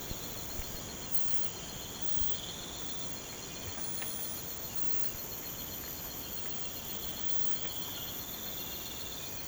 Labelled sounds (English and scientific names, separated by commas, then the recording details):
none
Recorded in pastures near Puerto Asís, Putumayo, Colombia, on 24 March 2025 at 04:00
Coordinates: 0.472, -76.329
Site G074